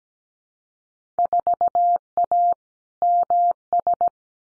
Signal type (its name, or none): Morse code